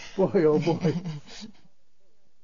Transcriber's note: laughs